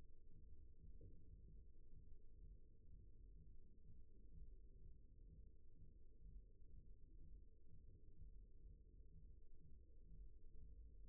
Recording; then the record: forearm muscle sounds (acoustic myography)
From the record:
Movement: rest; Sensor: system 1, eight BSWA MPA416 microphones around the upper forearm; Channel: 4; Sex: male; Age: 54 years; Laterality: right